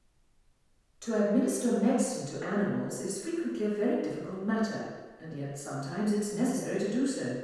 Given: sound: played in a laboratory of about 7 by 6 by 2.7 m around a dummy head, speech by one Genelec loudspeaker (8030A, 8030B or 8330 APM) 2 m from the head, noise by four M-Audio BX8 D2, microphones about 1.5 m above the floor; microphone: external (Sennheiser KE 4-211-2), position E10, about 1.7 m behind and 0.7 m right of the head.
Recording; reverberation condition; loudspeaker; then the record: female speech in English; high; 90 degrees to the left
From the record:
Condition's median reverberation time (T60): about 1300 ms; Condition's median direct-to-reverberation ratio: about -4.0 dB